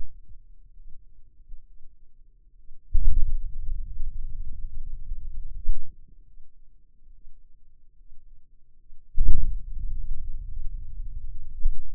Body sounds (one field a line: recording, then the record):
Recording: forearm muscle sounds (acoustic myography)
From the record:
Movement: hand opening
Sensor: system 2, bracelet of six BSWA MPA416 microphones around the upper forearm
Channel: 5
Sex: male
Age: 22 years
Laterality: right